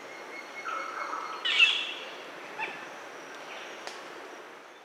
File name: canto-do-estorninho-metálico